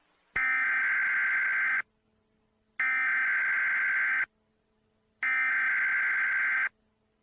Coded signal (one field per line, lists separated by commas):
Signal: Emergency Alert System (SAME) tones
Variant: header bursts